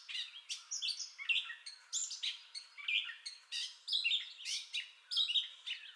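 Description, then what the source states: Gray catbird pouring out short, varied whistled and squeaky phrases in quick succession, the rhythm jerky and uneven. Entire song bout, 30 May 2021.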